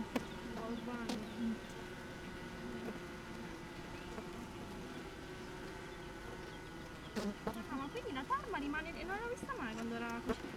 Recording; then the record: honeybee colony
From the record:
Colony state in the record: missing queen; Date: 31 May 2018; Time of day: 16:15